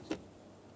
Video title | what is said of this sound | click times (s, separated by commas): How to Replace Side Mirrors 2007-2011 Toyota Camry | push until you hear a click if you don't hear a click give it a pull make sure it's locked in there | 0.1 s